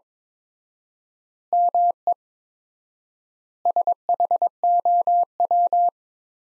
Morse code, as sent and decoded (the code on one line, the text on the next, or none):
-- . / ... .... --- .--
ME SHOW